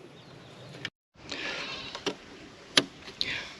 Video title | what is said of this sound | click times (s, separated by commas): Chevrolet suburban seat cover | That locked in. | 2.8 s